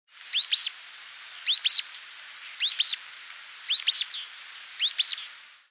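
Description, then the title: Pale-breasted spinetail giving a sharp two-note call, quick and slurred, repeated five times at roughly one-second intervals. "LuckyPassaro Completos2Sama. Pale-breasted Spinetail (Synallaxis albescens)"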